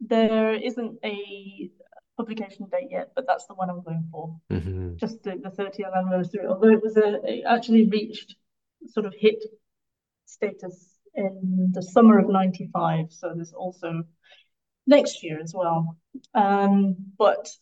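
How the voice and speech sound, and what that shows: Conversational speech by an adult woman who stutters, with several drawn-out sounds on short words, such as a stretched 'the', 'for' and 'in', plus frequent pauses and a prolonged 'um'. These prolongations and hesitations fit mild stuttering.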